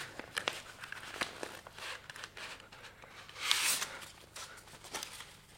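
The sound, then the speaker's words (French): A paper found behind the binding of a parchment book crinkles and rustles in a string of sharp, dry crackles, with one louder, longer rustle midway as the sheet is opened out. There is no talking. “Il sentit quelque chose. Un papier.”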